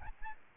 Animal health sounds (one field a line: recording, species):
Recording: mosquito wingbeat signal from an infrared sensor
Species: Aedes albopictus